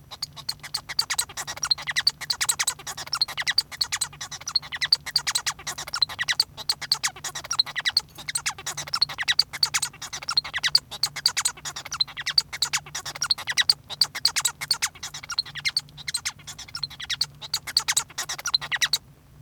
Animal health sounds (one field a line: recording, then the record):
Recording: song of a male Bengalese finch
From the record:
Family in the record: son of father 1